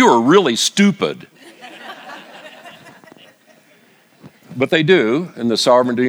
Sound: laugh